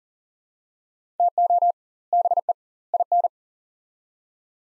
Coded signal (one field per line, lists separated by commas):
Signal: Morse code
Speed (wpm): 40 wpm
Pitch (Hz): 700 Hz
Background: none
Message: TO BE IN